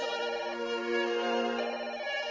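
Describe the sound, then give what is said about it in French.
A telephone rings steadily for a couple of seconds, a bright, buzzing tone with layered harmonics that holds without pause, alone with no voices over it. “L'instru qui frappe, le rappeur cogne et puis le téléphone qui sonne.”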